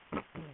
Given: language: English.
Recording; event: throat vibration sensor signal played as sound; throat clearing